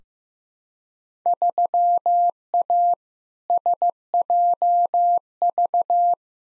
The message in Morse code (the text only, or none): 3A SJV